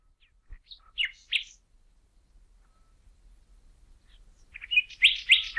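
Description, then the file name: Common nightingale singing two brief phrases of sharp high chirps, the second ending in a fast run of repeated notes, separated by quiet. "Luscinia megarhynchos"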